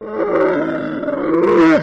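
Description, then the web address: Camel groaning call, a single drawn-out rough moaning bellow with rich harmonics, rising slightly in strength and ending abruptly after about two seconds. "Partners In Rhyme Camel Voice"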